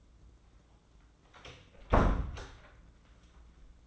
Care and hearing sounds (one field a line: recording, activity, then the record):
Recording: daily activity, microphone in the room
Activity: close door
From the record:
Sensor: 3